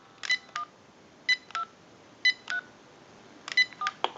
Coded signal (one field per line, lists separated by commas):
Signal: DTMF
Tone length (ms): 90 ms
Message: 1 2 3 4